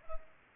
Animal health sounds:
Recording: mosquito wingbeat signal from an infrared sensor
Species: Culex pipiens

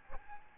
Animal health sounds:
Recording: mosquito wingbeat signal from an infrared sensor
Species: Aedes albopictus

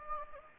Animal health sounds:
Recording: mosquito wingbeat signal from an infrared sensor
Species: Anopheles gambiae

